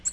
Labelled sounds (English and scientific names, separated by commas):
Nashville Warbler (Leiothlypis ruficapilla) flight call